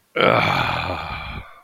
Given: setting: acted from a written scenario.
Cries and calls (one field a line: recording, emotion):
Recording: vocal sound without words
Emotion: ecstasy